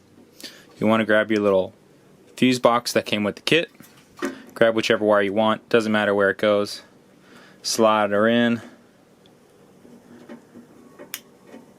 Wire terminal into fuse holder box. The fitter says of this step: clicks into place like that you probably heard it